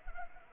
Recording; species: mosquito wingbeat signal from an infrared sensor; Anopheles arabiensis